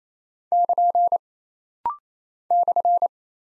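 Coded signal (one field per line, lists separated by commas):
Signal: Morse code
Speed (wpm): 27 wpm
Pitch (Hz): 700 Hz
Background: none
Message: <KN> /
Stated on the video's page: Rapid-fire 28 wpm head-copy drill of single punctuation and prosign characters, with a very short gap to train instant character recognition.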